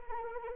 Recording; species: mosquito wingbeat signal from an infrared sensor; Anopheles arabiensis